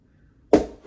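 A folding travel foot stool, made of fabric over a frame, that folds to fit inside a carry-on, is unbuttoned and forced open because it is a little hard to open. After a quiet stretch, a single sharp, bright snap at 0.5 s is followed by a short, fading ring. The frame pops into its locked open shape.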